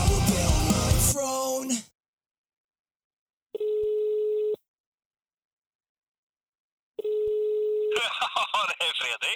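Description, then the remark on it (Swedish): A phone line rings out with two steady, mid-pitched tones about a second each, separated by a long silent gap, as someone calls a person back, before a voice begins talking at the end. “Eller ska vi ringa upp han eller... Vi testar.”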